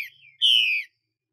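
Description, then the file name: Chinese hwamei giving a soft short note, then one long, loud whistle that falls slightly in pitch. Female bird. "Tieng chim hoa mi mai xuy"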